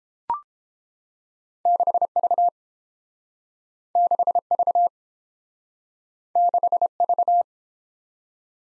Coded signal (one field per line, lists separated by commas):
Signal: Morse code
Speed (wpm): 32 wpm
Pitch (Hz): 700 Hz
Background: none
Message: 6V 6V 6V